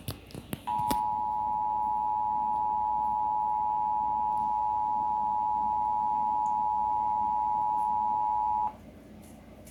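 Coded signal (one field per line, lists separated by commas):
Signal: Emergency Alert System (SAME) tones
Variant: 853 and 960 Hz attention tone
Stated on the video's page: Real Local Area Emergency alert for a nuclear plant siren test, aired on a television station.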